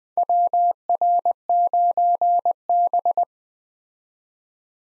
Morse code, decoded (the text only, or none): WR9B